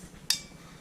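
The slip clutch of a tube flaring tool, expanding the other end of a metal tube, gives a single sharp click at 0.3 s as it slips at its torque setting. The click stands out against a quiet background. The clutch slips three times in all, so the tool has reached its setting and can now be loosened.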